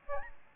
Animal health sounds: mosquito wingbeat signal from an infrared sensor; Aedes albopictus

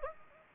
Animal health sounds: mosquito wingbeat signal from an infrared sensor; Anopheles gambiae

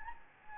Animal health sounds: mosquito wingbeat signal from an infrared sensor; Anopheles gambiae

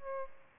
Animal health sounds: mosquito wingbeat signal from an infrared sensor; Aedes albopictus

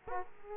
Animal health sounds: mosquito wingbeat signal from an infrared sensor; Aedes aegypti

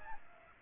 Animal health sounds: mosquito wingbeat signal from an infrared sensor; Aedes aegypti

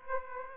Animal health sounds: mosquito wingbeat signal from an infrared sensor; Aedes aegypti

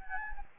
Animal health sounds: mosquito wingbeat signal from an infrared sensor; Anopheles gambiae

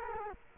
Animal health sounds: mosquito wingbeat signal from an infrared sensor; Culex quinquefasciatus

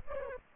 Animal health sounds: mosquito wingbeat signal from an infrared sensor; Aedes albopictus

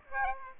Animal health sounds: mosquito wingbeat signal from an infrared sensor; Aedes aegypti

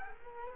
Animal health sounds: mosquito wingbeat signal from an infrared sensor; Culex quinquefasciatus

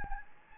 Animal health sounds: mosquito wingbeat signal from an infrared sensor; Anopheles gambiae

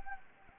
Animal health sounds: mosquito wingbeat signal from an infrared sensor; Anopheles gambiae

